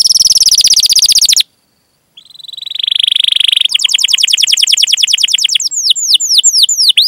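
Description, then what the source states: Canary singing: a rapid high trill, a short pause, then a lower buzzy roll that breaks into quick notes and finally swooping, falling whistled slurs. Singing energetically (gacor) with elaborate song phrases (cengkok, isian), in the style of Indonesian songbird keeping (kicaumania).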